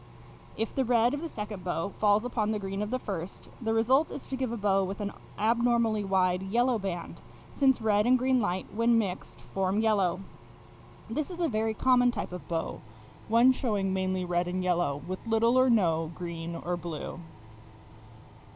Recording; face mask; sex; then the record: reading aloud; none; female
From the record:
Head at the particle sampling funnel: facing it